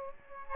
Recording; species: mosquito wingbeat signal from an infrared sensor; Aedes aegypti